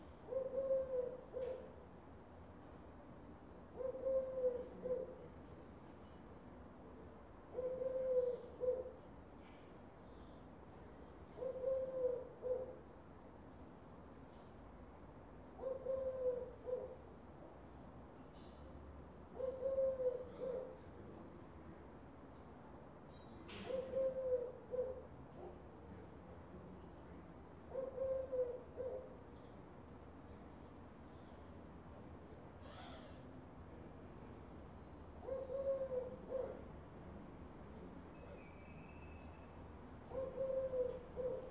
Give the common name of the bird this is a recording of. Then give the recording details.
Eurasian Collared Dove. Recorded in the wild. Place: La Rochelle, FR. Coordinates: 46.1622, 1.15111. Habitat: city. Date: 2011-09-15. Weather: 15°C, sunny. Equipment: Zoom H2. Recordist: Frommolt, Karl-Heinz